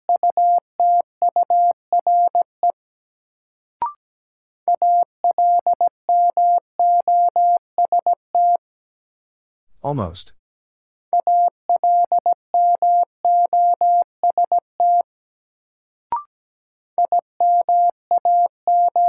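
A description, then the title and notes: A steady tone keyed on and off in Morse code, with short dots and longer dashes in quick groups that repeat. Faint clicks appear around four and sixteen seconds, and a brief rustling burst breaks in near ten seconds. First, the word is sent in Morse code.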